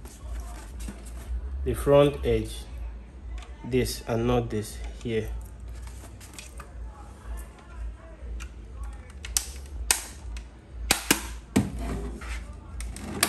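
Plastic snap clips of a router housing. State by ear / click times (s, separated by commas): released / 9.4 s, 9.9 s, 10.9 s, 11.1 s, 11.6 s, 13.2 s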